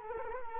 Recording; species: mosquito wingbeat signal from an infrared sensor; Culex quinquefasciatus